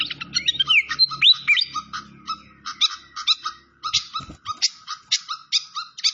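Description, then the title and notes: Malaysian pied fantail song: quick chattering notes and a couple of whistles over a low rumble, then spaced sharp chips about four per second. Training (masteran) recording of clear-voiced song mixed with the sound of trickling water. "Masteran Sikatan Kipas Suara Jernih Dan Suara Gemericik Air. Suara Burung Sikatan Londo"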